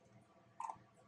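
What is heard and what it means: A plastic part is slid down and pushed back onto the body of a foam-dart toy blaster after being off. A sharp plastic click at 0.6 s, followed by two quick smaller ticks just after, stands out against a quiet background. The part clicks into place and is seated.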